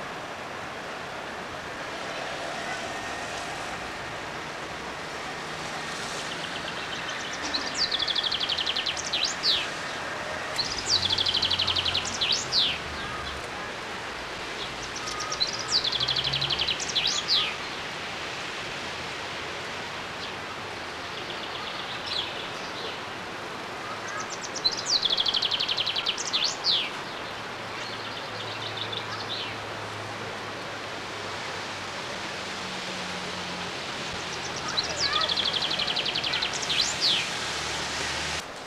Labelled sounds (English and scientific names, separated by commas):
Common Chaffinch (Fringilla coelebs) song